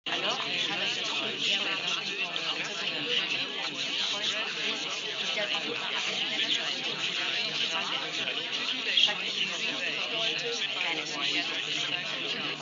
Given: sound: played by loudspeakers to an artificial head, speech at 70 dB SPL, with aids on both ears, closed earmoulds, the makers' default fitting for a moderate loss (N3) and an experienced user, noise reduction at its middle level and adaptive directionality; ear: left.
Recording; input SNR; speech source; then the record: speech test signal (ISTS) in cocktail-party noise; -6 dB; in front (0 degrees)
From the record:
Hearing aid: class 1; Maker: G